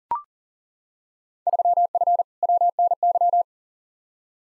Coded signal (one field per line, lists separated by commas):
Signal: Morse code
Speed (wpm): 40 wpm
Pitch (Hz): 700 Hz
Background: none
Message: 3F WNY